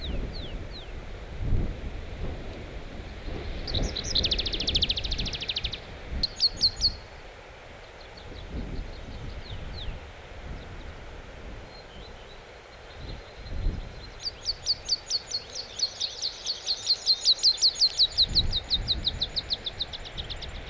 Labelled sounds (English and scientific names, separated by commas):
Meadow Pipit (Anthus pratensis) song